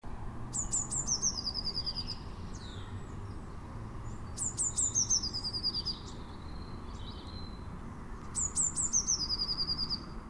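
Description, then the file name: Eurasian blue tit: thin, very high notes running into a lower fast trill, the phrase given three times about every four seconds over a steady low background hiss. "Cyanistes caeruleus"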